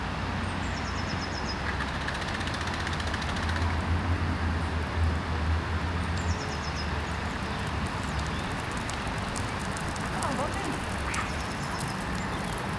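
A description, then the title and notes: A city park: a steady, dense wash of traffic with a low rumble that swells slightly around the middle. Short, high bird trills ring out near the start, around six seconds and again near eleven, over faint scattered ticks and clicks. City park, part 1. Captured in a city park on Boxing day.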